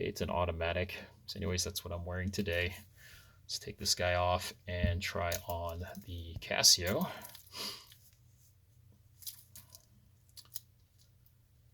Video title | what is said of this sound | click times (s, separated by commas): Casio World Time metal bracelets | Okay, and the clasp feels pretty secure. Okay, you get a nice click when you push that in, and | 10.6 s